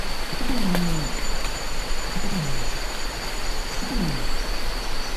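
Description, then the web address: Sumatran orangutan giving low groaning calls that slide downward, three in a row roughly every one and three-quarter seconds, over constant humming noise. "earth naturelibrary assets s su sumatran orangutan"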